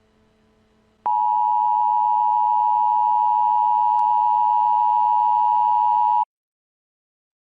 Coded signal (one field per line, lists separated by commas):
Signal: Emergency Alert System (SAME) tones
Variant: 853 and 960 Hz attention tone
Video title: Mandela EAS Scenario | Alternate Universe REMASTERED